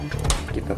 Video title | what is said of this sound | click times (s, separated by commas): #Merakit PC Sendiri, #MERAKITPC | aja satu bunyi klik itu | 0.3 s